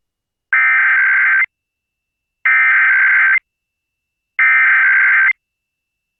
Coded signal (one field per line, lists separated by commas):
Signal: Emergency Alert System (SAME) tones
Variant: header bursts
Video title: (EAS) Required Monthly Test (WMJJ FM Magic 96.5)